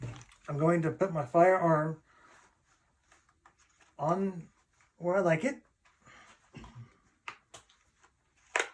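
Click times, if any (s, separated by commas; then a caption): 8.6 s. Someone talks while a tuckable holster holding a firearm is placed inside the waistband, with soft handling rustles and small taps. Its belt clips are pushed over the trouser belt and snap on with a sharp click at 8.6 s, the clips seated and gripping the belt.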